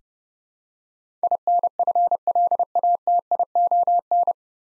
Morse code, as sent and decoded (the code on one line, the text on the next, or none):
.. -. ..-. .-.. .- - .. --- -.
INFLATION